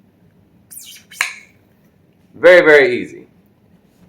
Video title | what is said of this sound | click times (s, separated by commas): Best Angle Grinder Milwaukee Vs Bosch Vs Metabo | so push this and then rotate it and it clicks in place | 1.2 s